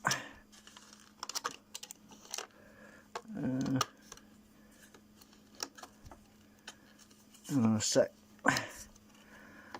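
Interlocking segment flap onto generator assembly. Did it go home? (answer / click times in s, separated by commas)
yes / 8.5 s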